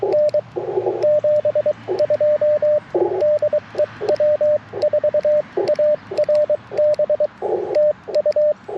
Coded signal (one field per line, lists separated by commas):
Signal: Morse code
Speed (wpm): 22 wpm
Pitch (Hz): 600 Hz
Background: radio noise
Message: N 72 DE W4ARB TU